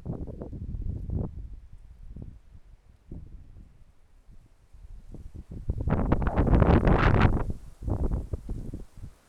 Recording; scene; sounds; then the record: everyday scene through a hearing-aid microphone; wind on the microphone; wind, traffic, birds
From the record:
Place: suburban garden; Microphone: behind the ear, left, rear